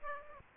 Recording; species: mosquito wingbeat signal from an infrared sensor; Aedes aegypti